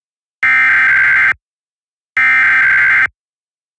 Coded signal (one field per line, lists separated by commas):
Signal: Emergency Alert System (SAME) tones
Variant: header bursts